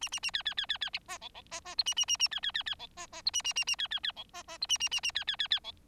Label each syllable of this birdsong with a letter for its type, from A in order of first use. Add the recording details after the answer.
A A A B B B B B C D D C C E A A A A B B B B D C C E A A A A B B B D C C E A A A A B B B B D. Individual Bird4